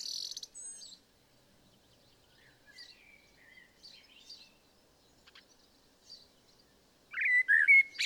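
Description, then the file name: Common blackbird: faint, soft warbles and a brief high note early on, then one clear fluting phrase with squeaky twitters near the end. "Turdus merula"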